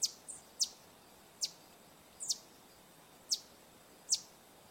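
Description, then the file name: Green honeycreeper giving sharp, very high clipped notes roughly once a second, some doubled, with a soft hiss of background noise throughout. "Canto do sai verde"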